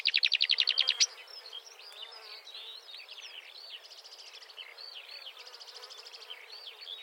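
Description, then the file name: Marsh warbler song opening with a loud rapid rattling trill, then a quieter continuous jumble of squeaky, slurred notes with brief buzzy bursts. "suara kicauan burung marsh warbler. omkicau"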